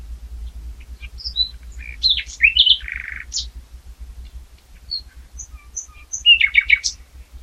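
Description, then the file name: Common nightingale song of varied chirps, a short buzz and scattered thin whistles, ending in a quick burst of sharp notes. "Luscinia megarhynchos"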